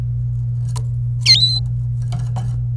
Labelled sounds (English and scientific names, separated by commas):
Domestic Canary (Serinus canaria) song